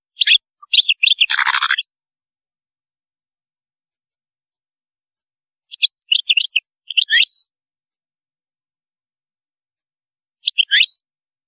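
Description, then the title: European goldfinch song, sharp twittering phrases including one harsh buzzy note, separated by long silent gaps. "Chant Chardonneret"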